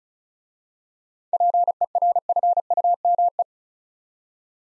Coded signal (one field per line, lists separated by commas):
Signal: Morse code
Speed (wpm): 36 wpm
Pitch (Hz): 700 Hz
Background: none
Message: PERFUME